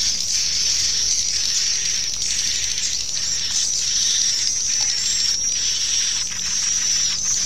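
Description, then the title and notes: Many swiftlets chirping at once, a steady high-pitched twittering chorus with faint rhythmic surges throughout. Used in swiftlet bird farming in Asia. "Swiflet Bird Sound. Farming Swiflet Bird asia sound"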